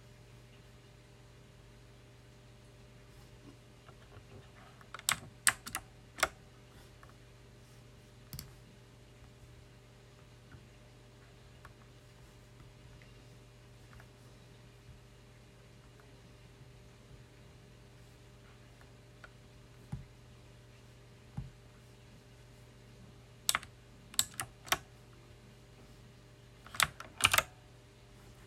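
A loud mechanical keyboard clacks in short bursts around 5–6, 24 and 27 seconds over a steady low hum, with scattered quiet taps between.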